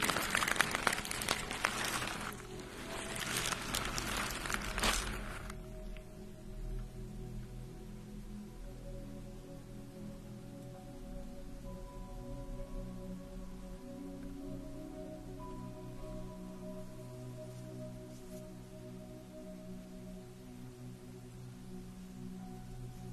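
A facial treatment session opens with a loud, hissing burst of steam for about five seconds, then cuts off. Afterward a quieter low hum continues, with soft sustained ringing tones drifting in and out and faint rubbing sounds underneath.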